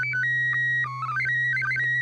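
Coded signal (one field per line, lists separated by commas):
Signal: SSTV (slow-scan television)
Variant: PD 120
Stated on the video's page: SSTV net on an FM repeater at 441.30 MHz.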